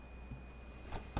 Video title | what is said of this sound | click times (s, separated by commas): HP15-bs134wm ram upgrade | fold it down till you hear that satisfying click | 1.2 s